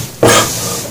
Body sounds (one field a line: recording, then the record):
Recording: coughing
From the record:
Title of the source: Cough Around the Clock!